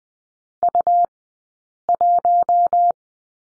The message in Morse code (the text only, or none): U1